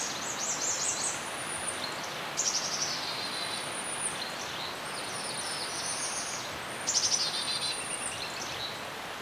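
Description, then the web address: Several birds chirp and trill at high pitch, with quick repeated notes and thin whistles layered over a steady rushing background noise. Birds chirping in a serene forest. "Dr Sound Effects. Birds Chirping In a Serene Forest"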